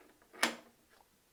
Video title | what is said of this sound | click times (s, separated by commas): The most satisfying NEW idea I’ve had in a while.. | So I put a magnet into a Lego piece. So then the stairs snap into place. | 0.4 s